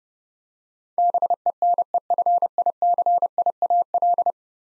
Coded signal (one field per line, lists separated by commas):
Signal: Morse code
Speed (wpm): 30 wpm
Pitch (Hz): 700 Hz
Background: none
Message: BENEFICIAL